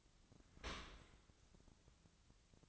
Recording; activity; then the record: daily activity, microphone in the room; open dishwasher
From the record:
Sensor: 3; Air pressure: 1003.0 hPa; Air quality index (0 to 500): 195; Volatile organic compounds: 6 ppm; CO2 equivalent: 1908 ppm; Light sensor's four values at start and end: 21/53/22/24 and 21/53/22/24